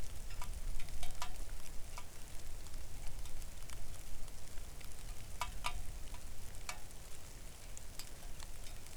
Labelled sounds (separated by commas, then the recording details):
rain
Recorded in the Arctic National Wildlife Refuge, Alaska, on 3 August 2019 at 05:50
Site 41